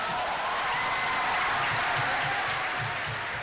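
Sustained applause and cheering from delegates after a vote adopting the statute for a world court, 120 of 148 delegates in favour; dense steady clapping with scattered cheers rising through it, loud and continuous without any speech.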